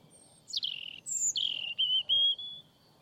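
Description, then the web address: European robin song: a clear, thin phrase of high whistled notes, sliding downward, followed by two sustained level tones. "Deverinetal 2025 File origin Bird Only Er Ru"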